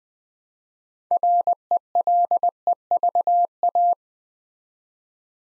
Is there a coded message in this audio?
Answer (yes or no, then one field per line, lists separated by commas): yes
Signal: Morse code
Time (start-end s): 1.1-3.9 s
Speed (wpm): 20 wpm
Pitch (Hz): 700 Hz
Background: none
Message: RELEVA